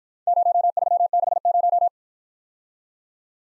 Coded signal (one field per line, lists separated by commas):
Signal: Morse code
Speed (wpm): 53 wpm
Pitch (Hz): 700 Hz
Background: none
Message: 0360